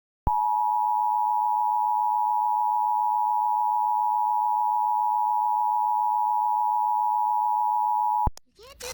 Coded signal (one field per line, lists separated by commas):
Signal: Emergency Alert System (SAME) tones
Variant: 853 and 960 Hz attention tone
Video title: [EAS Mock] "Arkansas" - (May 18, 2021)